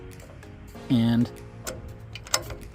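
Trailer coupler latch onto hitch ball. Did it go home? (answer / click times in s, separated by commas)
yes / 2.3 s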